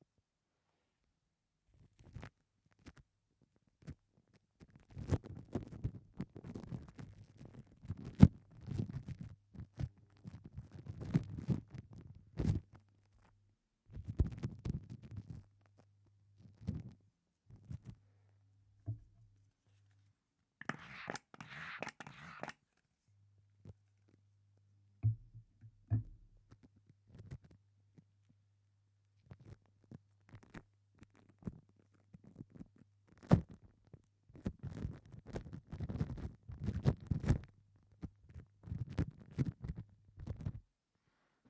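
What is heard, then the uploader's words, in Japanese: Hand-washing sounds: bursts of wet rubbing and soft lather squelches, pausing midway for a brief brighter hiss, over a faint low hum. 癒される泡の音…手をこするハンドサウンド/手洗い Hand Washing【ASMR】。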